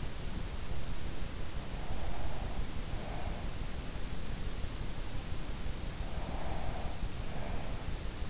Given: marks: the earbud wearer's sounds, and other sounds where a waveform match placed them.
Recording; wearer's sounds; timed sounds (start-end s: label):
sounds in sleep by an in-ear microphone; breath
1.95-4.19 s: breath
6.32-8.30 s: breath